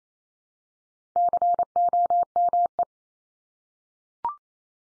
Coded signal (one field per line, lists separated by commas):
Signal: Morse code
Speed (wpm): 28 wpm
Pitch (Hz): 700 Hz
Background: none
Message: COME